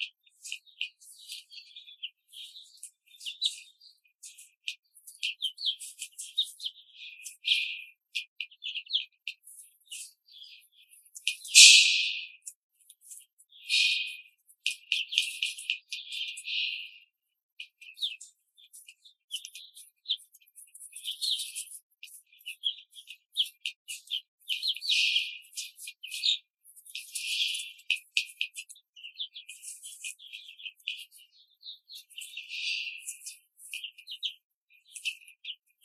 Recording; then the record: young laying hens in a cage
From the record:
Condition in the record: control cage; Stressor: none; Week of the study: 5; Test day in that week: 1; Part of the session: 3